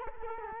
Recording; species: mosquito wingbeat signal from an infrared sensor; Culex quinquefasciatus